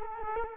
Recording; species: mosquito wingbeat signal from an infrared sensor; Culex quinquefasciatus